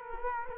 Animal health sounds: mosquito wingbeat signal from an infrared sensor; Culex quinquefasciatus

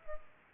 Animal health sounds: mosquito wingbeat signal from an infrared sensor; Culex pipiens

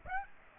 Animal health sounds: mosquito wingbeat signal from an infrared sensor; Aedes aegypti

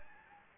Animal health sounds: mosquito wingbeat signal from an infrared sensor; Anopheles gambiae

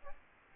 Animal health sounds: mosquito wingbeat signal from an infrared sensor; Aedes albopictus

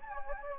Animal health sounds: mosquito wingbeat signal from an infrared sensor; Anopheles gambiae

